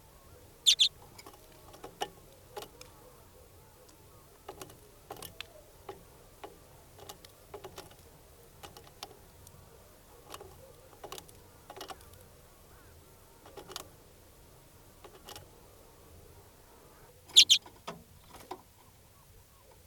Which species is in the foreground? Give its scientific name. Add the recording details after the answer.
Carduelis flammea. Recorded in captivity. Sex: male. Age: adult. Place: Putbus, Insel Rügen, Mecklenburg-Vorpommern, DE. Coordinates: 54.318, 13.413. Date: 1976-01-25. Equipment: Nagra III BH, Sennheiser MD 21. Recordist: Schubert, Michael